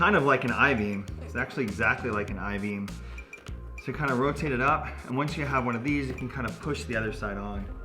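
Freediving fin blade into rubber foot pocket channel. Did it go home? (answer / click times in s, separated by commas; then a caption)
no / none. A fiberglass/carbon freediving fin blade is rotated up into the I-beam-shaped channel of a rubber foot pocket while someone talks over background music. A few faint handling clicks are heard around 3.2 to 3.5 seconds. The clip ends before the other side is pushed on, and nothing has seated or snapped into place yet.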